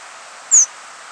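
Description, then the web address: Field sparrow call: one thin, very high note that slides slightly downward and lasts a fraction of a second, over a faint steady hiss. "sparrows fisp"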